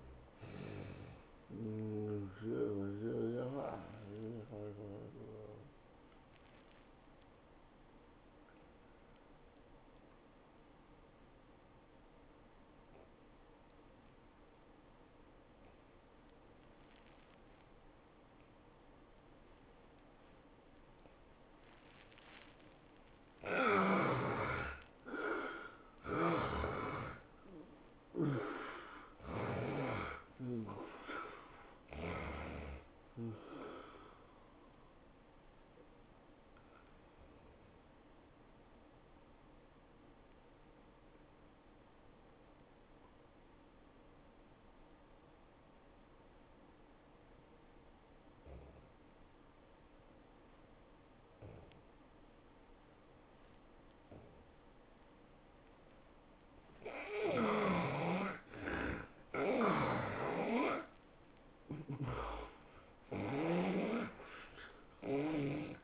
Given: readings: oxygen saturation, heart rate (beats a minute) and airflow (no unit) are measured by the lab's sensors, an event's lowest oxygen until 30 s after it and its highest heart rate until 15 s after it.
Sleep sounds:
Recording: breathing in sleep by a voice recorder at the bedside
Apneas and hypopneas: 2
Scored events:
4.00-26.30 s: obstructive apnea (N1, oxygen 97% highest, then 75% lowest, heart rate 108 at the start, 113 highest)
39.00-56.60 s: obstructive apnea (N1, oxygen 97% highest, then 72% lowest, heart rate 101 at the start, 114 highest)
From the record:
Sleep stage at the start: N1 (lightest sleep)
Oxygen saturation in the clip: 71 to 97%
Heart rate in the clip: 89 to 113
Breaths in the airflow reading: 8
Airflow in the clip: -23.8 to 14.4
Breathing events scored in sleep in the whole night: 403 in 5.5 hours asleep

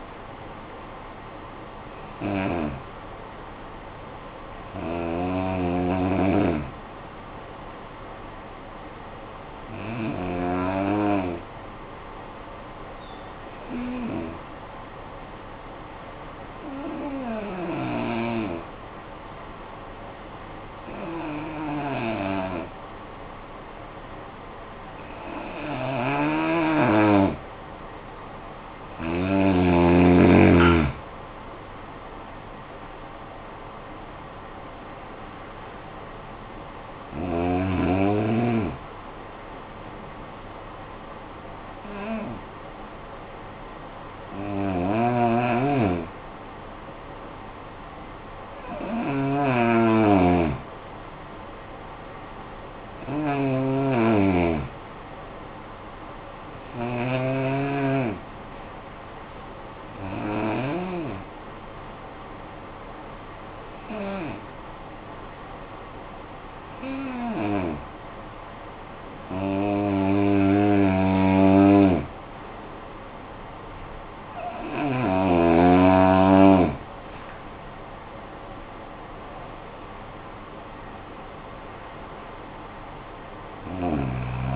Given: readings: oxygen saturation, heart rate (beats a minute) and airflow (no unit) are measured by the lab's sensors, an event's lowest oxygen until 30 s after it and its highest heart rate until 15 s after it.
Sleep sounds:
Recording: breathing in sleep by a voice recorder at the bedside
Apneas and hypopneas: 2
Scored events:
3.00-28.70 s: hypopnea (N2, oxygen 95% highest, then 81% lowest, heart rate 51 at the start, 68 highest)
46.00-71.00 s: hypopnea (N2, oxygen 94% highest, then 84% lowest, heart rate 50 at the start, 63 highest)
76.00-84.56 s: new sleep stage, N1 (lightest sleep)
From the record:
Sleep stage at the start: N2 (light sleep)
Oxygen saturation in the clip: 81 to 95%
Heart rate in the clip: 48 to 68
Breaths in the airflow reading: 21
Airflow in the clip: -13.2 to 10.3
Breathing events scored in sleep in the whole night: 445 in 7.6 hours asleep

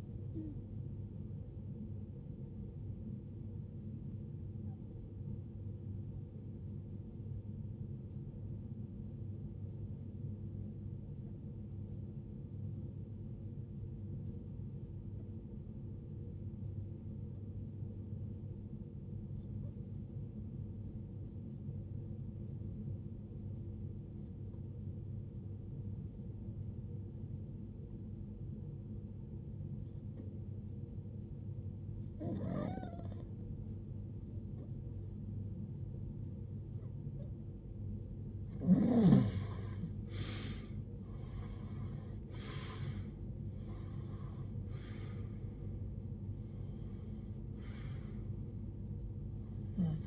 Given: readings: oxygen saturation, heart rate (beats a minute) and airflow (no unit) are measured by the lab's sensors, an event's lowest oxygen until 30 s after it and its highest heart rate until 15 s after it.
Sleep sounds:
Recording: breathing in sleep by a smartphone at the bedside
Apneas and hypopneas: 1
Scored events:
10.00-38.10 s: hypopnea (REM, oxygen 95% highest, then 86% lowest, heart rate 61 at the start, 83 highest)
From the record:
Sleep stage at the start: REM sleep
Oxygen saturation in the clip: 83 to 96%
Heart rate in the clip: 49 to 83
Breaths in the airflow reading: 12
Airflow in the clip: -19.5 to 17.9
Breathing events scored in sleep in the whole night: 389 in 6.3 hours asleep

